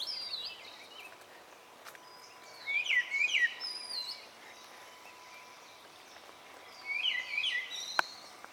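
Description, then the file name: Birds twittering in two lively bursts of quick high chirps and warbles, with fainter scattered notes between. Recorded at dawn. "Pajaros de Madrugada"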